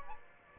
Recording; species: mosquito wingbeat signal from an infrared sensor; Aedes aegypti